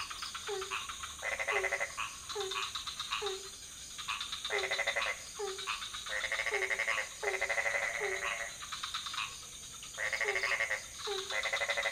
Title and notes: Frogs in the pond, Ubud, Bali, Indonesia. Recording: BG